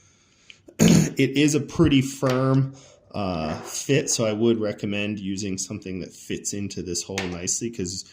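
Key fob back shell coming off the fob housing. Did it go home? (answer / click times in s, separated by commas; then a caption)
released / 0.5 s. A tool pries along the back edge of a plastic Subaru Impreza (2013–2020) key fob for a battery replacement, and a single sharp pop at 0.5 s marks the snap-fit back shell releasing from the fob housing. Someone then talks.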